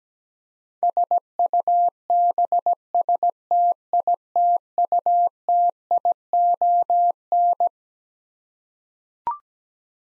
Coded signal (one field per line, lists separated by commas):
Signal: Morse code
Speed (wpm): 17 wpm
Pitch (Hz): 700 Hz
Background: none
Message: SUBSTITUTION